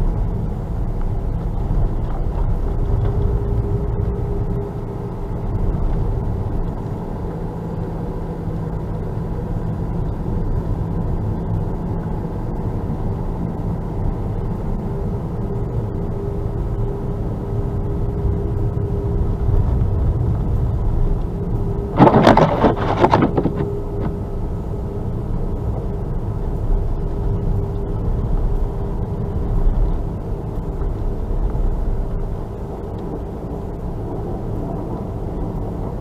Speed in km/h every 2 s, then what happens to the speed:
44, 47, 47, 44, 43, 44, 44, 45, 45, 45, 44, 45, 45, 45, 45, 45, 45, 44.
0-36 steady at about 45.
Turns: none.